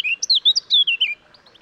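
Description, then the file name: Eurasian blackcap song: a short, fast phrase of clear fluting whistles, sliding up and down, ending abruptly. "Sylvia atricapilla"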